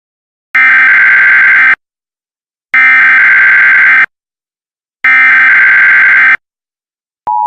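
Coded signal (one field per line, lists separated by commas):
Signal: Emergency Alert System (SAME) tones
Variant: header bursts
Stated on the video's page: Fictional EAS scenario about a suicide ghost.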